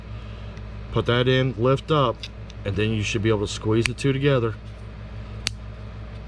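While replacing the battery in a 2005 Honda CR-V 4-button key fob remote, the lip of the plastic back housing half is hooked into the front half and the two halves are squeezed together as someone talks over a steady low hum. A single sharp snap at 5.5 s marks the key fob housing seating back together.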